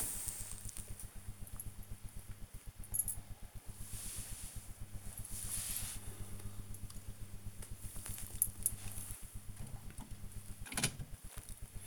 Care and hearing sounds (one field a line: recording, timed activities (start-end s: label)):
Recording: household activities, microphone on the right wrist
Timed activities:
3.74-11.87 s: dusting model cars